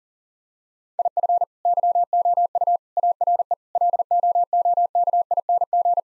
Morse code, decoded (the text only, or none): IF YOU ARE LOOKING